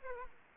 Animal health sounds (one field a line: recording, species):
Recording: mosquito wingbeat signal from an infrared sensor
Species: Aedes aegypti